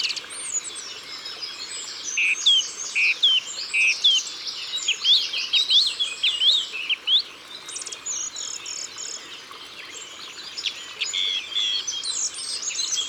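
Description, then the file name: Eurasian blackcap song: short runs of mellow whistled notes and scratchy warbling amid a thick chorus of other songbirds chirping continuously. Ardèche, France. "Fauvette-A-Tete-Noire-Concerts-Naturels-De-l Ardeche"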